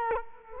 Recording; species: mosquito wingbeat signal from an infrared sensor; Culex quinquefasciatus